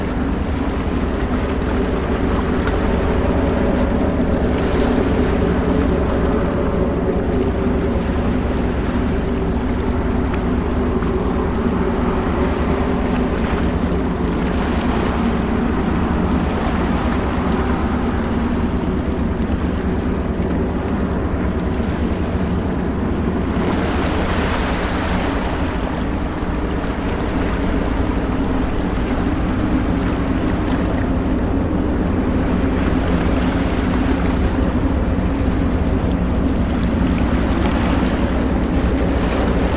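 A steady low engine-like drone of boats fills the scene, with soft washes of water swelling around 15 and 24 seconds under light wind.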